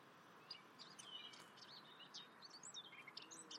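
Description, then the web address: Bird twittering, a run of quick high chirps and short whistled notes throughout, over steady background hiss. "birddata Deverinetal 2025 Bird Only"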